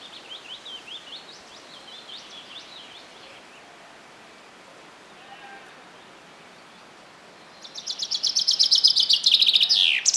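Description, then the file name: Common chaffinch song: a quieter series of repeated high notes at the start, then after a pause a loud trill of bright notes ending in a sharp downward flourish. "Fringilla coelebs"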